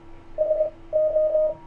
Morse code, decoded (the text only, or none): SO